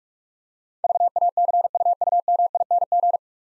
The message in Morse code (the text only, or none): VACUUMING